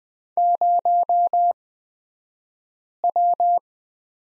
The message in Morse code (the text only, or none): 0W